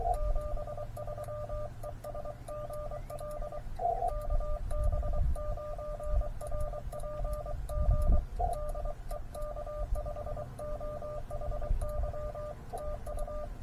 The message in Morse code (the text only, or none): 73 ES GL KB9RPG DE K5OHY TU